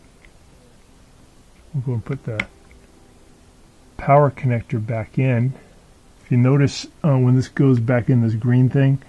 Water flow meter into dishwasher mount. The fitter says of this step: that we're just gonna push it in it'll click into place we're